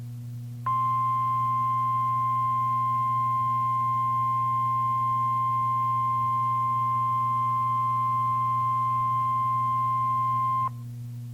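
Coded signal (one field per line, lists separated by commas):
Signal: Emergency Alert System (SAME) tones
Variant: 1050 Hz attention tone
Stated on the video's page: Flash flood warning for a levee break received from NOAA Weather Radio station KXI87, Fort Worth office.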